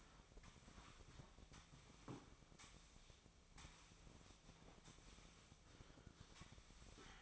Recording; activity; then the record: daily activity, microphone in the room; sweep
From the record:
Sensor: 1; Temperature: 24.4 degrees Celsius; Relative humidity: 39.3%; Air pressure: 1003.1 hPa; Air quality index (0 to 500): 197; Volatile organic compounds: 6 ppm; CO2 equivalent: 1887 ppm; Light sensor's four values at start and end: 15/38/16/19 and 16/38/16/19